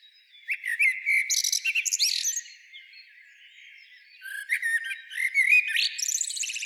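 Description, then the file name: Common blackbird song: a low warbled phrase that breaks into squeaky, high twittering notes, then a quiet pause before another twittering burst. "Turdus merula"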